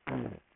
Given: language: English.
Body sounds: throat vibration sensor signal played as sound; throat clearing

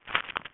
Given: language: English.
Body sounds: throat vibration sensor signal played as sound; swallow

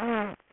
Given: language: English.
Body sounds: throat vibration sensor signal played as sound; throat clearing

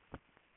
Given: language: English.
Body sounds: throat vibration sensor signal played as sound; swallow

